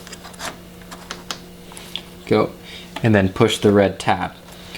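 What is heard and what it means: Someone talks while handling the red plastic locking tab on a turn-signal harness connector during an RS headlight install on a 2010 Camaro, with a few light taps and rustles from the handling. The tab is about to be pushed in to lock the plugged-in connector, but nothing has seated or clicked yet.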